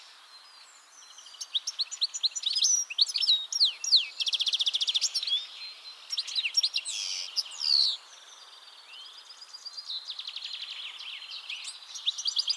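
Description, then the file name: European goldfinch song, fast tinkling twitters interleaved with dry buzzy trills, continuous chattering phrases rising and falling in loudness. "Carduelis carduelis"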